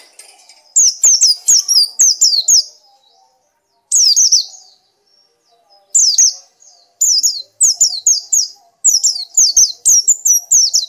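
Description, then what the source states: Nightingale singing in bursts of rapid, sharply falling whistled notes grouped in short phrases, with a couple of longer silent pauses near the middle. Masteran (tutor) recording used to train pet birds to sing.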